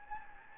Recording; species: mosquito wingbeat signal from an infrared sensor; Anopheles gambiae